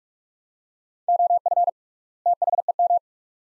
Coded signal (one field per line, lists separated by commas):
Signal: Morse code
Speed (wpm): 42 wpm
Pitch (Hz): 700 Hz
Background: none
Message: OF THEM